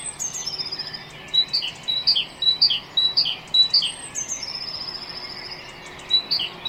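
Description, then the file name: Great tit song of repeated two-note whistles, with another bird's high, thin trills at the start and again later. "Parus major"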